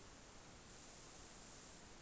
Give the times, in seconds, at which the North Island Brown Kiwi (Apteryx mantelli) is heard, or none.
none